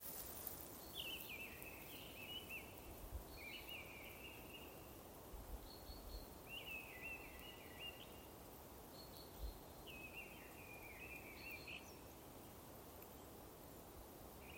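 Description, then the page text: Mistle thrush song, several brief fluty phrases spaced a few seconds apart, soft against constant outdoor noise. One singing bird, Alūksne municipality, Latvia, 1 April 2026, 12:06. "деряба, Turdus viscivorus 01-Apr-2026 plkst. 12:06 Alūksnes novads Поёт"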